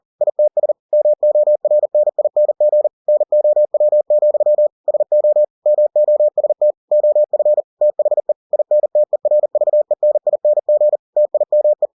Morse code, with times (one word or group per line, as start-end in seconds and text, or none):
0.2-0.7 ITS
0.9-2.9 MORNING
3.1-4.7 NOW,
4.9-5.4 SO
5.7-6.7 MOST
6.9-7.6 OF
7.8-8.3 THE
8.5-11.0 INTERVENING
11.2-11.9 TIME